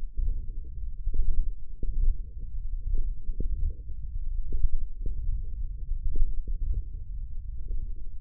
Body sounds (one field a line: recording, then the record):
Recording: forearm muscle sounds (acoustic myography)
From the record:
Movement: wrist extension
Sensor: system 1, eight BSWA MPA416 microphones around the upper forearm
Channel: 6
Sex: male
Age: 18 years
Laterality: right